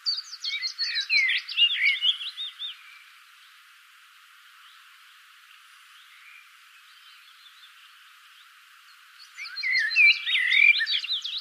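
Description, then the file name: Common blackbird calls: two dense bursts of rapid, squeaky, twittering notes separated by several seconds of near silence. "Turdus merula"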